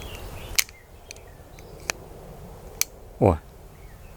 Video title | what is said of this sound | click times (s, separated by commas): БЕСПЛАТНЫЙ сучкорез GRÜNTEK! Честный тест храпового секатора на ветках до 25 мм Стоит ли брать? | Ему нужно, ну, вот сейчас может услышите щелчок, чтобы был щелчок. | 2.8 s